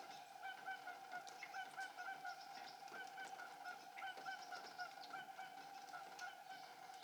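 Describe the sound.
Whooper swans calling as a flock, overlapping soft trumpeting honks blending into a steady chorus with frequent brief higher notes throughout.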